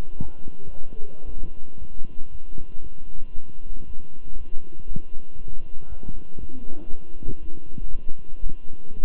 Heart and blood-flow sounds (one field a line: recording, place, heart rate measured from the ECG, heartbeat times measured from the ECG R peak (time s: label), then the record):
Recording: heart sounds by stethoscope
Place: between the tricuspid and mitral areas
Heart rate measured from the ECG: 117 bpm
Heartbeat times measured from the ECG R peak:
0.21 s: heartbeat
0.73 s: heartbeat
1.25 s: heartbeat
1.78 s: heartbeat
2.31 s: heartbeat
2.82 s: heartbeat
3.34 s: heartbeat
3.86 s: heartbeat
4.37 s: heartbeat
4.87 s: heartbeat
5.37 s: heartbeat
5.88 s: heartbeat
6.39 s: heartbeat
6.89 s: heartbeat
7.41 s: heartbeat
7.91 s: heartbeat
8.42 s: heartbeat
8.95 s: heartbeat
From the record:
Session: walking at 3.7 km/h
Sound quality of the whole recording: good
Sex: male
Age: 23 years